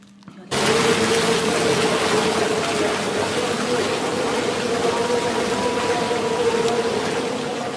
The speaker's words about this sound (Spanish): Diría que es descenso, eso es. En piragua en agua abierta.